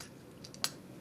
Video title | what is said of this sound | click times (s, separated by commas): TRANSFORMERS PRIME BEAST HUNTERS CYBERVERSE SMOKESCREEN TOY REVIEW!!... | and it feels like you're going to break it but you're not and then until you hear it snap into place | 0.6 s